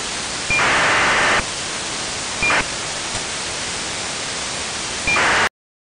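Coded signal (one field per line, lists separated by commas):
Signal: ACARS aircraft data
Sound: steady hiss broken by three harsh buzzing data bursts, each starting with a brief tone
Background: radio static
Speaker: in this case the signals sound the same and we have identified the signal heard on the SDR software as an a car transmission which come from aircraft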